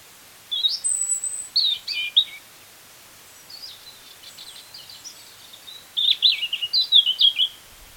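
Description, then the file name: European robin song: two thin, high warbled phrases of sliding and trilled notes, separated by a quieter stretch of faint scratchy notes. "Erithacus rubecula"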